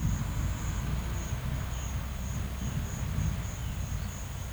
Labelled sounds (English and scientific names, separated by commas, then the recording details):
none
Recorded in pastures near Puerto Asís, Putumayo, Colombia, on 20 December 2024 at 11:00
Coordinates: 0.472, -76.329
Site G072